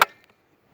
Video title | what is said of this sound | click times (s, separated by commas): Ego 56 Volt Backpack Blower Review | hear it click | 0.0 s